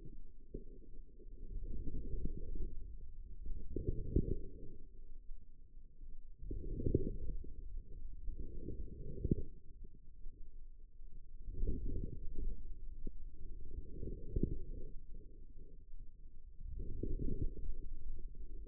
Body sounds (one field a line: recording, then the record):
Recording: forearm muscle sounds (acoustic myography)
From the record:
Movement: outward rotation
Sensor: system 2, bracelet of six BSWA MPA416 microphones around the upper forearm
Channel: 3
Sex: female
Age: 25 years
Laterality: right